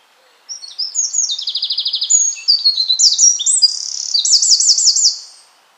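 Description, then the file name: Eurasian wren song: a five-second outpouring of very high, rapid trills and sharp notes, with buzzy rattles and a fast looping trill near the end. "Troglodytes troglodytes"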